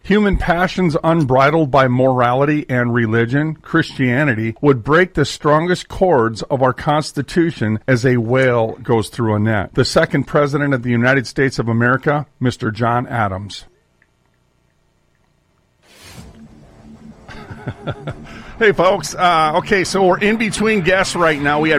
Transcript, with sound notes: Human passions unbridled by morality and religion, Christianity, would break the strongest chords of our constitution as a whale goes through a net. The second president of the United States of America, Mr. John Adams. (laughs) Hey folks. Uh, okay, so we're in between guests right now.